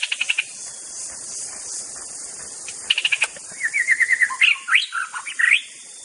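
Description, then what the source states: White-rumped shama song: a few sharp clicks, then a quick run of notes into loud swooping whistles, over constant high hiss. Forest-type white-rumped shama.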